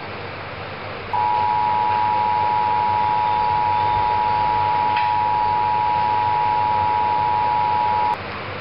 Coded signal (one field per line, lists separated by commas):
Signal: Emergency Alert System (SAME) tones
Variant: 853 and 960 Hz attention tone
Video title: Real EAS #59 - Severe Thunderstorm Warning